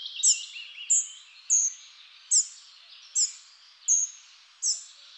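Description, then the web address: Spotted flycatcher repeating short, piercing high call notes about every three-quarters of a second; brief lower twittering at the start. Recorded in a garden in July 2019. "Gobemouche gris. le jardin de la villa sainte anne"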